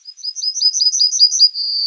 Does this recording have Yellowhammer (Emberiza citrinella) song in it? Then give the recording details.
yes. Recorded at under 5 m from the bird. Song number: 110